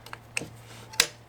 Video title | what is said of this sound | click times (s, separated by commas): 2003 Ford Expedition Fuel Pump and Fuel Filter Replacement - Step-By-Step Guide | we go got the click that looks good let's get this now got that | 1.0 s